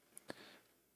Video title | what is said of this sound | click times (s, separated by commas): Ominous Prime Reviews Fans Toys FT-40A Hannibal | i don't like doing it very much but it just connects and pops right in | 0.2 s, 0.3 s